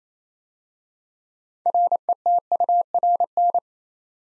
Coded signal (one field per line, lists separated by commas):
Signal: Morse code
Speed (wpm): 29 wpm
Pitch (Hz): 700 Hz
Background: none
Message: RETURN